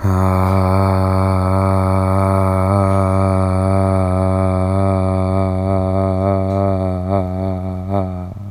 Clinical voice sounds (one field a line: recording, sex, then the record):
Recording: sustained vowel /a/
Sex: female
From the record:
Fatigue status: fatigue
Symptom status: symptomatic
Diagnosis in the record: COVID-19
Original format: m4a